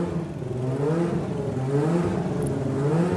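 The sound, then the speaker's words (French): A mid-pitched engine revs steadily, its harmonic tones wavering and rising slightly in pitch as the throttle is worked, with a continuous mechanical whir and no voices. “Mise au point des moteurs. Plage d'utilisation de 9500 à 10 000 tours minute.”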